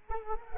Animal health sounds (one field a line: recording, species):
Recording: mosquito wingbeat signal from an infrared sensor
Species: Culex quinquefasciatus